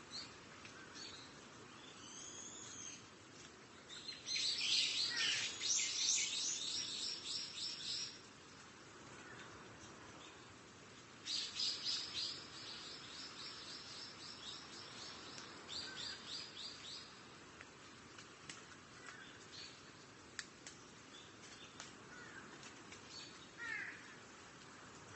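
Birds sing in a Japanese forest, with two bursts of rapid, bright chirping around 4–8 seconds and again around 11–16 seconds. Between them, scattered high calls and clicks come and go over a steady low rustling hush.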